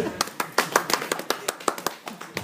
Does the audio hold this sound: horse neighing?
no